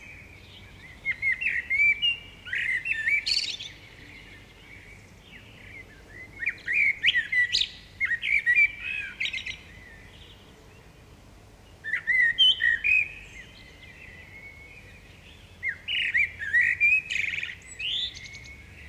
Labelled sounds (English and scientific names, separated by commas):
Common Blackbird (Turdus merula) song